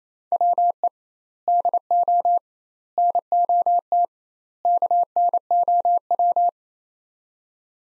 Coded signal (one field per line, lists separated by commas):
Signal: Morse code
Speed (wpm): 28 wpm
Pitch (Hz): 700 Hz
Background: none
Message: WE DO NOT KNOW